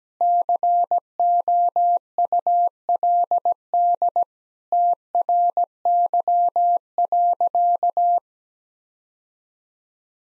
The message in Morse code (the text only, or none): COULD TRY.